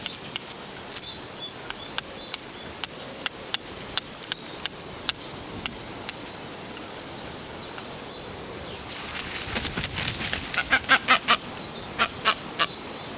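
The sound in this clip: Brown booby: sparse sharp clicks at first, then a fast burst of hoarse, goose-like honks in the final seconds against constant rushing background noise.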